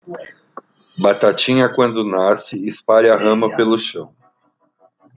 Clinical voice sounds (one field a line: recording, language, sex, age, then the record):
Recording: short text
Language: Brazilian Portuguese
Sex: male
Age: 40 to 49 years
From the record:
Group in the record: control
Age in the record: 41 years